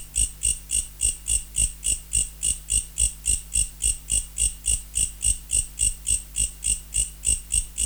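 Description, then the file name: Mecopoda katydid singing a rapid, even series of metallic ticking pulses, roughly three to four each second, over a faint low drone. Recorded in November. "Mecopoda sp Nov"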